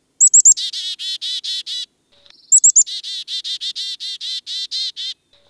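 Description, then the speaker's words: Black-capped Chickadee alarm calls: two bouts, each with two or three high thin notes leading into a long, rapid run of harsh, raspy buzzing notes. Alarmed birds give chickadee calls with more 'dee' notes than usual. "they are alarmed, black-capped chickadees produce chickadee calls with more D notes."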